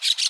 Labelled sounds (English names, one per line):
Brown-throated Parakeet contact call